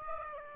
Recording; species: mosquito wingbeat signal from an infrared sensor; Aedes aegypti